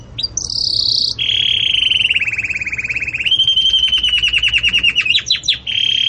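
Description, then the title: Belgian canary singing long trilled tours: a high rolling trill, then a steady lower trill, then a fast series of repeated pulsed notes. Belgian canary singing in the campainha (bell) song style, for tutoring chicks. "Belíssimo Canto Do Canário Belga Campainha Para Encarte De Filhotes"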